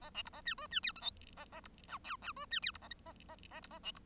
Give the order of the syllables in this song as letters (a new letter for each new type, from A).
A B C A D E D F G H A A C I J J E D F C A K A A A C A B C